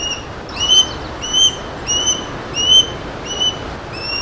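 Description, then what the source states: Osprey giving a series of thin, high whistled squeals, short clear notes repeated at a steady pace, over a steady background hiss. Played-back recording made early in the morning in July in Nova Scotia, Canada; the voice is described as a whistle or squeal.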